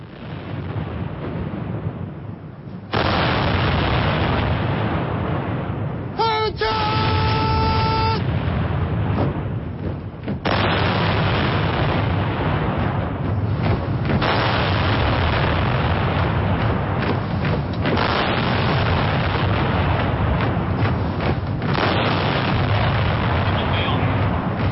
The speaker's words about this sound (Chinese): 中国人民抗日战争及世界反法西斯战争胜利70周年纪念大会现在开始。请全体起立，鸣礼炮。